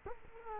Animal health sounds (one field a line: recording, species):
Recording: mosquito wingbeat signal from an infrared sensor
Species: Culex quinquefasciatus